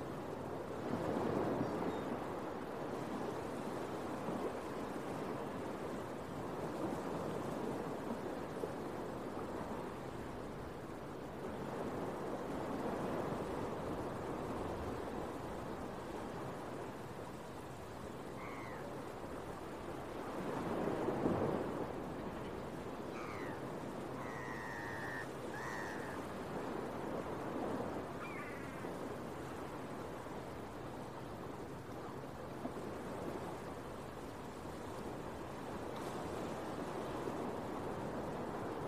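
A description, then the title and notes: Beach waves wash in a steady, dense rush that swells and recedes, with louder surges near 1, 10, 15 and 21 seconds. Gull calls ring out clearly but briefly from about 18 to 28 seconds, a few short bright cries over the surf. Listen to the sounds of the seagulls and some relaxing beach waves early in the morning. Early Morning Seagulls and Beach Waves.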